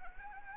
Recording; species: mosquito wingbeat signal from an infrared sensor; Anopheles arabiensis